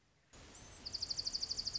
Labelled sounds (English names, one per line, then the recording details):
Dark-eyed Junco
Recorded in Sonoma County, California